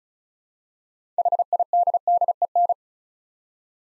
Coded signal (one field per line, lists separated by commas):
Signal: Morse code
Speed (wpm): 36 wpm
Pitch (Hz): 700 Hz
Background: none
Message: HIDDEN